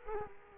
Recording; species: mosquito wingbeat signal from an infrared sensor; Culex quinquefasciatus